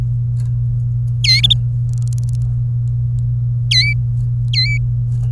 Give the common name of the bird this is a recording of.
Domestic Canary